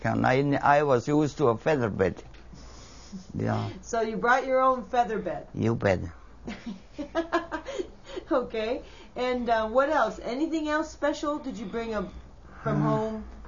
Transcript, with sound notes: I was used to a feather bed, yeah.
So you brought your own feather bed.
You bet.
( she laughs ) Okay. And what else? Anything else special did you bring from home?